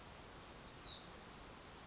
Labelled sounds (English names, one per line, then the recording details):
Hutton's Vireo
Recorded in Sonoma County, California